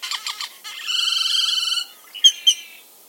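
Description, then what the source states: Great-tailed Grackle calling: a few quick harsh chucks, then a long metallic rattling note, followed by two sharp high whistled notes. Great-tailed Grackle (zanate mexicano, also zanate mayor), living in all kinds of habitats from northern South America to the western United States.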